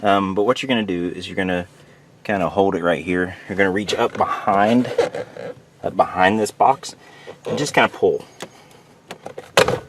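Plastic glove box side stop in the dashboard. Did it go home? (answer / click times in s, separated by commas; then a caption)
released / 9.6 s. Someone talks while reaching behind the plastic glove box in the dashboard of a Ford F-150/F-250 and pulling on it, with some soft handling noises. At 9.6 seconds the glove box side stop snaps sharply free of the dash, popping loose without breaking anything.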